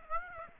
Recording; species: mosquito wingbeat signal from an infrared sensor; Aedes aegypti